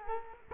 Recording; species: mosquito wingbeat signal from an infrared sensor; Culex quinquefasciatus